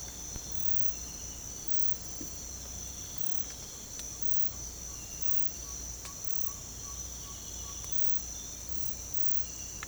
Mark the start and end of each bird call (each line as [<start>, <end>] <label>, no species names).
[4.12, 7.76] bird call